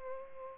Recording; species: mosquito wingbeat signal from an infrared sensor; Culex pipiens